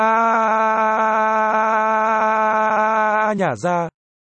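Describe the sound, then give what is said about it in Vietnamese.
In an audiobook, the character Ngụy Vô Tiện lets out a long, loud anguished wail of pain as Lam Vong Cơ bites his arm, holding one steady pitch for about three seconds before it dips, wavers back up and abruptly cuts off. “Ngụy Vô Tiện kêu gào thảm thiết.”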